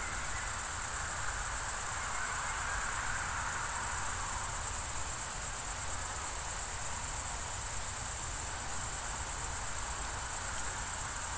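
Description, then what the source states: Crickets chirp in a continuous high-pitched pulsing chorus, with steady low rushing beneath. Summer night ambience in the Pyrenees mountains, France, with crickets and a distant river.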